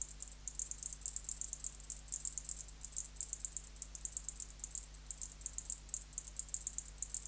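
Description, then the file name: Zichya bush-cricket song: high, dry buzzing pulses in quick bursts, nearly continuous with brief irregular gaps, over a low steady hum. "Zichya sp"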